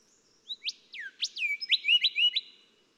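Golden whistler song with swooping whistled notes followed by a quick string of rising slurs, clear and musical.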